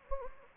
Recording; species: mosquito wingbeat signal from an infrared sensor; Anopheles gambiae